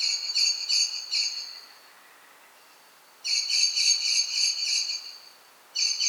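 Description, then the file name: Common blackbird in three bursts of quick, high, tinny notes with quiet gaps of about one to two seconds between them. "Turdus merula"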